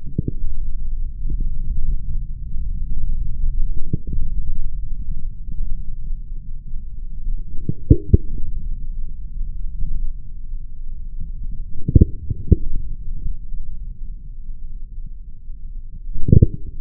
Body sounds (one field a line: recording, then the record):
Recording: forearm muscle sounds (acoustic myography)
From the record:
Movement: forearm supination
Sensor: system 3, bracelet of six PUI Audio POM-2738L microphones around the upper forearm, with dedicated amplification and filtering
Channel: 1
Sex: male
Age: 43 years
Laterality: right